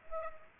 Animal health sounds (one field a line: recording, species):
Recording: mosquito wingbeat signal from an infrared sensor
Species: Aedes aegypti